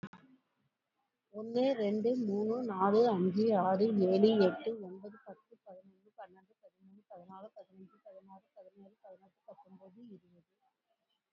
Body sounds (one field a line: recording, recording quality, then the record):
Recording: counting at a normal pace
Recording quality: excellent, no background noise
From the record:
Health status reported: exposed to COVID-19, no respiratory illness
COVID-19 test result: negative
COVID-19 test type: RT-PCR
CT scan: taken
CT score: 25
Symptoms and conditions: fever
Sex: female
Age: 51 years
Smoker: no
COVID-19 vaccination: both doses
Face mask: worn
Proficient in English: yes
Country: India